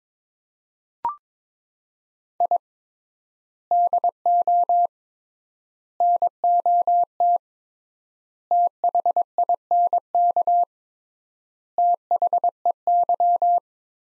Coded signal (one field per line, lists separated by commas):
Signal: Morse code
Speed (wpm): 22 wpm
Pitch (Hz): 700 Hz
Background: none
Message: I DO NOT THINK THEY